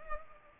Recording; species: mosquito wingbeat signal from an infrared sensor; Culex pipiens